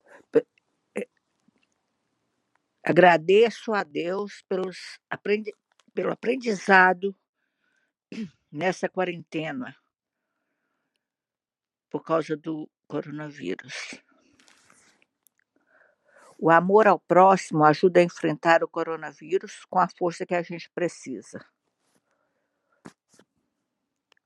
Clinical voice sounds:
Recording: spoken sentence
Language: Brazilian Portuguese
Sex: female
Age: 60 to 69 years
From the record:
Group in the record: control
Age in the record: 68 years

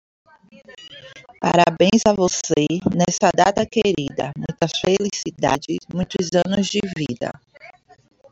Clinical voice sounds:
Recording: short text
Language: Brazilian Portuguese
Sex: female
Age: 40 to 49 years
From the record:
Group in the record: control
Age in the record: 42 years

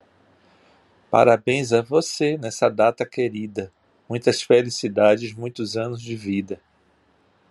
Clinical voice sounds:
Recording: short text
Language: Brazilian Portuguese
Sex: male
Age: 60 to 69 years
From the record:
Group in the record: control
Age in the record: 62 years

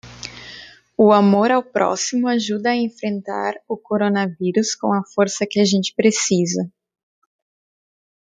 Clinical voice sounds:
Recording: spoken sentence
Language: Brazilian Portuguese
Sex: female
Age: 20 to 29 years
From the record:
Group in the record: control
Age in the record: 29 years

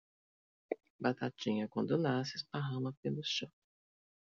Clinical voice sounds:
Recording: short text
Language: Brazilian Portuguese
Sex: female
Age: 50 to 59 years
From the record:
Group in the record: control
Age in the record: 52 years

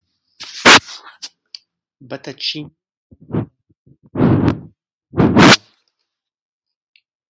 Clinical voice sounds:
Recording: short text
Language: Brazilian Portuguese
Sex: male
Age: 50 to 59 years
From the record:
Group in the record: control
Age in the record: 55 years

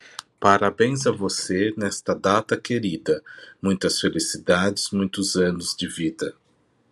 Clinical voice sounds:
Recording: short text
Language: Brazilian Portuguese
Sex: male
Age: 50 to 59 years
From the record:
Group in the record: control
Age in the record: 52 years

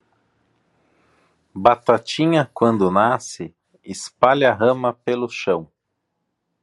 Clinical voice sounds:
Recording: short text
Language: Brazilian Portuguese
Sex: male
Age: 40 to 49 years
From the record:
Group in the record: control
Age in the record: 43 years

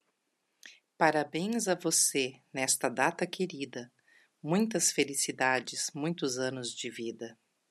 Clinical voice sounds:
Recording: short text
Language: Brazilian Portuguese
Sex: female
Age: 50 to 59 years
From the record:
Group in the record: control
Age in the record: 57 years

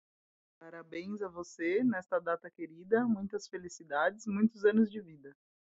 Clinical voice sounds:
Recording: short text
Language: Brazilian Portuguese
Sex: female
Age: 30 to 39 years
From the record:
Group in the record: control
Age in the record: 33 years

